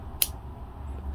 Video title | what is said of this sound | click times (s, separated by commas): UNBOXING ST Dupont Space Odyssey Fountain Pen | got a little metallic click | 0.2 s